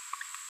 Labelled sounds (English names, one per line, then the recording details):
Green-rumped Parrotlet babbling
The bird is a female
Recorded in a nest box in Venezuela
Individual 17B73B2